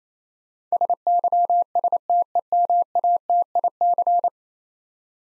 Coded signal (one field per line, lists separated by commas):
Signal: Morse code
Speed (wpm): 28 wpm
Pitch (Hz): 700 Hz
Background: none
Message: SYSTEMATIC